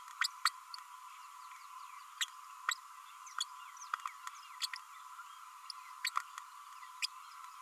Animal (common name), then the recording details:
Green-rumped Parrotlet. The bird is a male. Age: 33 days. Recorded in a nest box in Venezuela. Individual 17B32A6